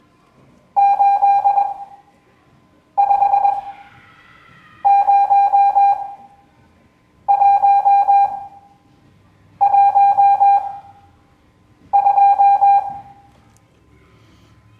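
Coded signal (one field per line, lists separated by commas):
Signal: Morse code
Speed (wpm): 21 wpm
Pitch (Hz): 800 Hz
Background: none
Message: 850112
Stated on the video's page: Morse code class lesson.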